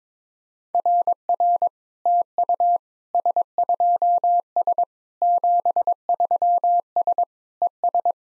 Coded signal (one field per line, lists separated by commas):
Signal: Morse code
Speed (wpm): 22 wpm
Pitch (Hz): 700 Hz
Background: none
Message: RR TU S2S 73S ES